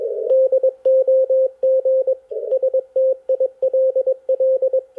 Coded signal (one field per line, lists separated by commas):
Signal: Morse code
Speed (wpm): 21 wpm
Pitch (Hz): 520 Hz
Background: radio noise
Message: DOG STILL